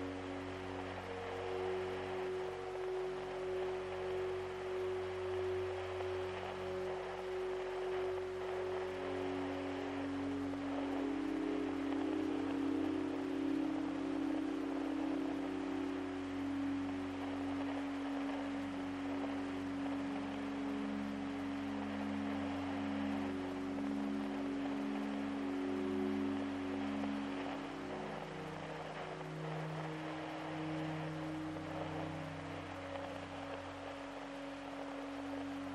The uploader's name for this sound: Calming Ambient Music with Rain Sounds